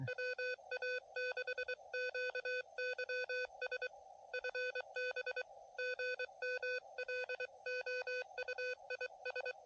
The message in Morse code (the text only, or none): WA6QYS FB GM LOUIS